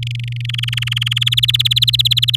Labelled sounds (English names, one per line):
Domestic Canary song